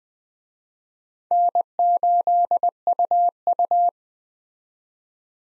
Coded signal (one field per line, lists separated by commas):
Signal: Morse code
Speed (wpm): 20 wpm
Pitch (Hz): 700 Hz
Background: none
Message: N8UU